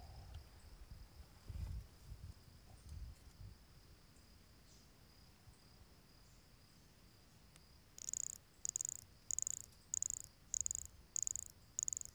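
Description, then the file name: Pumpkin toadlet call: after eight quiet seconds, a run of short, high-pitched buzzy notes starts, evenly spaced, with faint low rumble beneath. Recorded near Jurupara dam on 29 September 2016; the recorded individual was kept as a voucher specimen. "MHNCI Brachycephalus sulfuratus near Jurupara dam 29 set 2016 MRBornschein"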